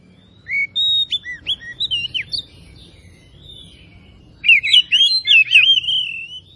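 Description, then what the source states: Oriental magpie-robin song of sweet, varied whistles and twisting slurred notes in two bursts separated by a quieter stretch, with low background hum. Kacer from Tretes; described as gacor, singing continuously.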